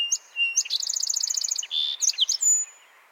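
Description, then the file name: Song sparrow singing: clear opening notes lead into a rapid rattling trill and a buzzy middle note, followed by a few quick closing notes. "Melospiza melodia - Song Sparrow"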